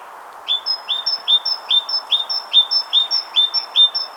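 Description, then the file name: Great tit singing a bright, see-sawing two-note phrase, high then lower, repeated steadily about ten times without a break. "Parus major"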